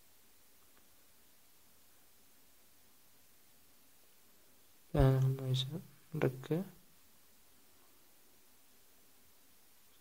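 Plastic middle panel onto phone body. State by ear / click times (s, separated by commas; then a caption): not seated / none. A plastic middle panel is set and lined up on the body of a XOLO A500S phone before being pressed to lock. Someone talks briefly around 5–7 seconds over an otherwise quiet background with only soft handling sounds. Nothing has seated or clicked yet.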